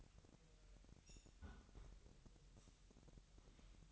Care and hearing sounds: daily activity, microphone in the room; close fridge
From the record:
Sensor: 3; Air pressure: 1001.9 hPa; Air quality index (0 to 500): 245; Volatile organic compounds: 50 ppm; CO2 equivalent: 3298 ppm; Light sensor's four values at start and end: 12/36/15/13 and 12/36/15/13

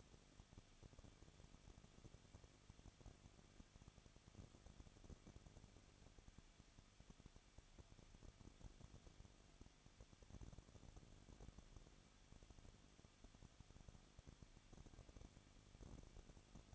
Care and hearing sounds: daily activity, microphone in the room; no activity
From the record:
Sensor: 4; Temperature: 23.1 degrees Celsius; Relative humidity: 34.0%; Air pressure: 1007.2 hPa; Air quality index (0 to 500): 215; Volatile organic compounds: 15 ppm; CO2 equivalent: 2483 ppm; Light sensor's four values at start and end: 2/3/1/1 and 2/3/1/1

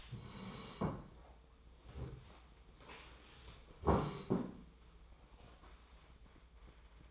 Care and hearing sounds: daily activity, microphone in the room; sit down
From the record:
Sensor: 1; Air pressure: 1005.2 hPa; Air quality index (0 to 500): 124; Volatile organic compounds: 5 ppm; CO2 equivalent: 1739 ppm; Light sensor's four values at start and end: 11/26/10/11 and 11/27/11/12

